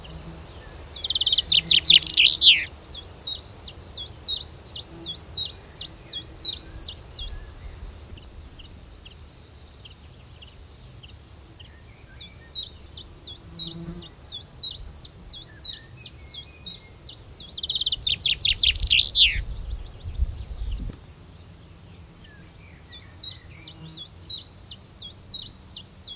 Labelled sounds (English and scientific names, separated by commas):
Common Chaffinch (Fringilla coelebs) song